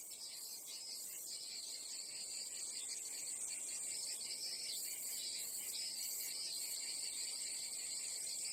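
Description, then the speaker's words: Cicadas chirping, a continuous high rasping buzz with faint pulsing, loud and steady for the whole stretch. "这 是 蝉 鸣， 也 就 是 蝉 在 叫 的 声 音。 This is the sound of cicadas"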